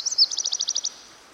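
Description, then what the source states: Myrtle warbler song ending: a couple of slurred notes and then a quick, regular high trill that stops abruptly. By a stream.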